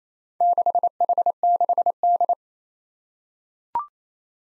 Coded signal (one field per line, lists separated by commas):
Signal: Morse code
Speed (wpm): 27 wpm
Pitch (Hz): 700 Hz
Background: none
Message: 6H6D